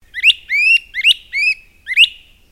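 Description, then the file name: Great crested flycatcher calling: five loud, rising, whistled wheep notes in quick series, alternating shorter and longer. The background is quiet. Recorded on 5 June 2008. "2008-06-05 Great Crested Flycatcher"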